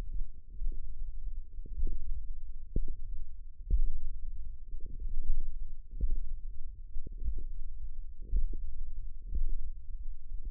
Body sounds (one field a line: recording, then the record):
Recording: forearm muscle sounds (acoustic myography)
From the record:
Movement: tripod grip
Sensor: system 1, eight BSWA MPA416 microphones around the upper forearm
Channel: 6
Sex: female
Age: 20 years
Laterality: right